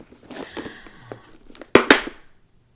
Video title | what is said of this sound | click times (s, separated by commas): Crochet Craft Cart | You hear the click. | 1.7 s, 1.9 s